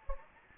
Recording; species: mosquito wingbeat signal from an infrared sensor; Anopheles gambiae